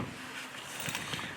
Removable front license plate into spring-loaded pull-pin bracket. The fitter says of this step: get it past there, and just push it till it clicks into place, and you're done.